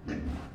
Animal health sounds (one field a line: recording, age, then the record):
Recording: pig call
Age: growing-finishing pig (85 days or more)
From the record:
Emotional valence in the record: negative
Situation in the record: barren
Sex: female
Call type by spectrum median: low-frequency call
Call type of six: low-frequency stable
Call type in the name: low-frequency stable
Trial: 1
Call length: 0.55 s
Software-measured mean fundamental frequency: 64 Hz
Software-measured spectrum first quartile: 116 Hz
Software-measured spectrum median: 254 Hz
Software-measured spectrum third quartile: 587 Hz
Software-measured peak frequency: 270 Hz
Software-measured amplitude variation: 144 dB a second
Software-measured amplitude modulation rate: 22.0 a second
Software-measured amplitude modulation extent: 6.5 dB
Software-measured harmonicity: -0.4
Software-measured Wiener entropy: -0.50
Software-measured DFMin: 1068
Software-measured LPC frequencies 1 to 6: 1760, 2604, 4127, 5069, 5938, 6314 Hz